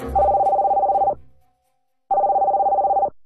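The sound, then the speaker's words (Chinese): A telephone rings in two long bursts, each about a second, with a rapid warbling trill at a steady midrange pitch, separated by a brief silence. No voices are present. “你可来电话了”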